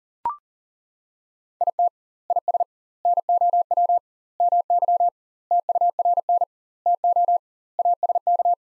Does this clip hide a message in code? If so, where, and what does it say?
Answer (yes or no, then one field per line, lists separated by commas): yes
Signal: Morse code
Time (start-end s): 1.6-8.5 s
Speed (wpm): 40 wpm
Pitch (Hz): 700 Hz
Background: none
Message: IT IS NOW MY TURN TO ASK